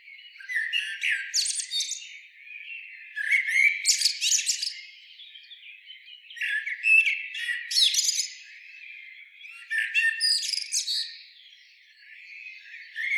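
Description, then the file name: Common blackbird delivering four similar strophes about every three seconds, each a brief warble ending in a loud, scratchy high twitter. "Turdus merula"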